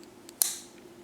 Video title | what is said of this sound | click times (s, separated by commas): Northwoods Everyday Barlow, how did this pass TWO quality control checks??? | snaps with authority this is probably a seven | 0.4 s